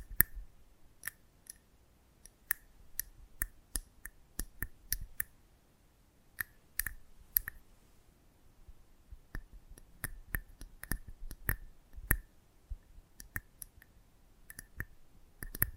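Close-up ASMR mic treatment: sharp, dry clicks and taps land in irregular clusters across the whole stretch, some single, some in quick bursts of two or three. Between them a soft low rumble and faint rustling fill the gaps, with brief quiet pauses around four and eight seconds.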